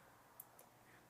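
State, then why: Seated. A micro SD card is pushed into the spring-loaded slot under the tilted-up lens of a plastic pan/tilt home security camera, a Tapo C211. A sharp click at 0.4 s marks the card latching into place, followed by a softer tick at 0.6 s. The card is seated.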